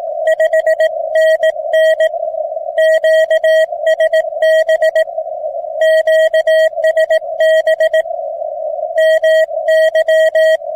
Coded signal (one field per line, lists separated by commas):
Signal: Morse code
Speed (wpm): 18 wpm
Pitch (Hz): 640 Hz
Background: radio noise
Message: 5NN QSB QSB MY